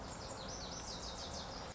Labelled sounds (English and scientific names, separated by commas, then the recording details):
Lazuli Bunting (Passerina amoena)
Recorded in Sonoma County, California